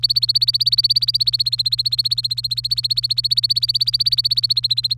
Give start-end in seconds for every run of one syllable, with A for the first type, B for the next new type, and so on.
0.00-4.94 A